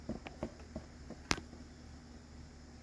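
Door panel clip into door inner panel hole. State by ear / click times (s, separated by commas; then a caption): seated / 1.3 s. A door panel retaining clip on a 1972–1973 Lincoln Mark IV / Thunderbird door is pushed up into its mounting hole in the door inner panel. A few faint ticks and rustles come first, then a sharp snap at 1.3 s as the clip seats.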